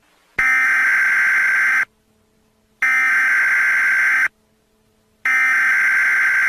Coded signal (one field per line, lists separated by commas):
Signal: Emergency Alert System (SAME) tones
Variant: header bursts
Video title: EAS Scenario: Ancient Evil